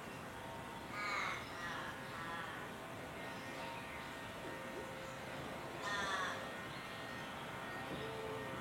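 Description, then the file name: Channel-billed cuckoo giving two raucous, harmonic cries that slide downward, about five seconds apart, against constant background noise. "canto do cuco gigante"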